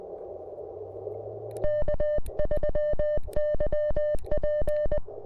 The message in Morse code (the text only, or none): K3YP